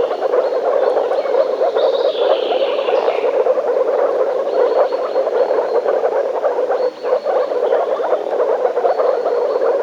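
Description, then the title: Frogs calling in a dense, continuous croaking chorus, with faint high notes above in places. Frogs in a forest. "лягушки frogs in the forest"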